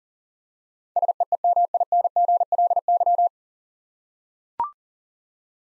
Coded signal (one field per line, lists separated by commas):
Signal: Morse code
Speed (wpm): 40 wpm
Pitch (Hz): 700 Hz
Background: none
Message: SEEMINGLY